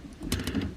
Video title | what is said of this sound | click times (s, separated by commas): RV Sink upgrade (Easier than you think) and camper must have tools for emergency leaks | and it snapped together all right | 0.3 s